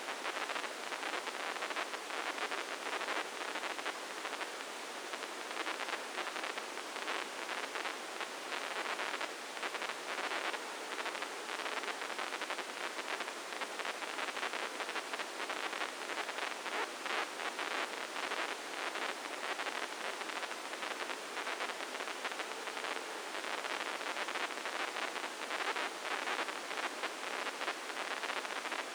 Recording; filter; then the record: brain microelectrode recording played as sound; spike band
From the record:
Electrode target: subthalamic nucleus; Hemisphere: left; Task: reaching with the right hand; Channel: 1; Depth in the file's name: 2.062 mm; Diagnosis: Parkinson's disease